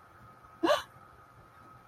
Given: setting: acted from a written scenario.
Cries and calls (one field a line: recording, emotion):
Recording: vocal sound without words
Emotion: fear